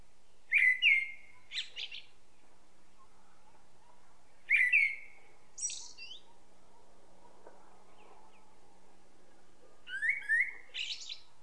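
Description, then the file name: Common blackbird singing three fluted phrases spaced several seconds apart, each ending in a squeaky high twitter, with quiet gaps between. "Turdus merula"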